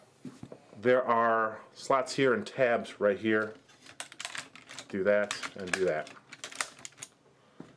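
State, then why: Seated. Plastic tabs on a transforming toy robot are pushed into their matching slots during transformation. Someone talks, followed by a run of sharp plastic clicks and handling taps from about 4.0 s, and the tab clicks into place at 6.6 s.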